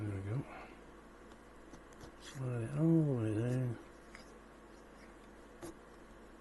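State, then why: Not seated. A plastic shaft cover is being handled on the periscope shaft of a U96 U-boat scale model, about to be slid down the shaft so its small side clips catch in a recess. Someone talks over a quiet background with a couple of faint taps near 4.2 and 5.6 seconds. Nothing has seated or clicked yet.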